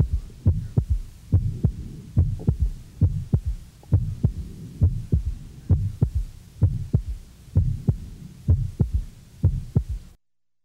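Regular paired heart sounds in a 2-year-old child, with a soft, low-pitched murmur filling the space between them. This is an innocent murmur, a harmless flow sound rather than a sign of valve disease.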